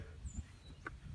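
A spark plug wire boot is pushed down onto a newly installed spark plug until it snaps on, giving one short, sharp click at 0.9 s over low background rumble and a faint high-pitched tone near the start. The boot is seated on the plug.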